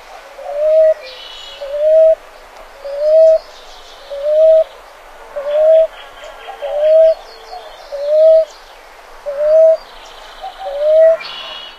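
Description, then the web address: Common ground-dove cooing: soft, low, rising 'woo-up' coos repeated steadily about every 1.3 seconds, nine in a row, with faint chirps of other birds behind. North America. "Songs of Birds of North America Stokes. Common Ground-Dove"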